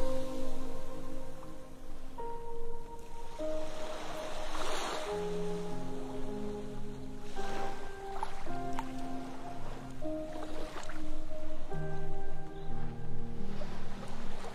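Sea waves wash in with a steady hiss, swelling into louder surges around five, eight, eleven and thirteen seconds. Throughout, sustained low and mid tones hold and shift step by step every second or two, like a slow drone of held notes.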